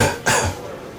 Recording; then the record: coughing mixed with background sound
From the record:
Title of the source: Spring Cold Coughing 2